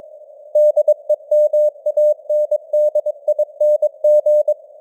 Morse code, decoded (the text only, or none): DEMANDING